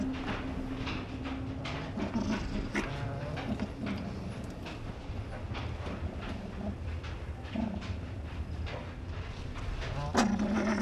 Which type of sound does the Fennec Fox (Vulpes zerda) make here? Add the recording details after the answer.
call. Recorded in captivity. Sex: male. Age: adult. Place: Tierpark Berlin, Berlin, DE. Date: 1965-11-06 10:00. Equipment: Uher 4200 Report Monitor, Sennheiser MD 421, Transistorverstärker 2. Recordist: Tembrock, Günter